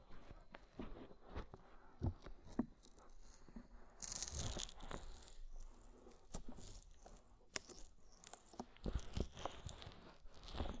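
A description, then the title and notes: An ASMR ear massage with oil and foam: soft, wet squishing and crackly rubbing continue throughout with frequent small clicks and taps. Around four seconds a brighter, hissing foamy crackle swells for about a second, and sharper pops recur near two, seven and nine seconds. ASMR Oil, Foam and Tingly Ear Massage.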